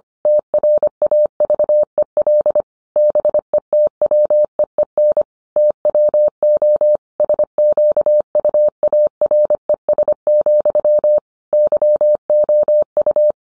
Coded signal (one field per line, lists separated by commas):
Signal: Morse code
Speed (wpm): 25 wpm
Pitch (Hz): 600 Hz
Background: none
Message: TRAVEL BETWEEN TWO SQUARES, YOU